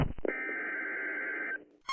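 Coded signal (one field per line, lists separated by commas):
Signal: Emergency Alert System (SAME) tones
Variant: header bursts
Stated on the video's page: Fictional scenario; some of the tones are fictional.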